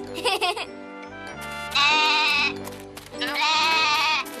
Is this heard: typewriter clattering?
no